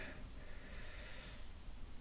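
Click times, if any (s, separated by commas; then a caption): none. A plastic toy brick piece is being forced into place on a brick-built model while straining, snorting breaths are heard over a steady low hiss. Nothing has clicked or seated yet, and the piece does not fit.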